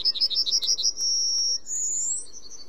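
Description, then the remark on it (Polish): An ortolan bunting sings a quick series of bright, high repeated notes, then holds a long whistled tone and a higher drawn-out one, over a steady hiss of insects and outdoor ambience; field recording by bird recordist Tomasz Ogrodowczyk. “No i dlatego usłyszeliśmy tego cznadla dzięki Tomaszowi Ogrodowczykowi, który nagrywa ptaki i w związku z tym mamy szansę posłuchać cznadla, który ma specyficzną budowę dzioba.”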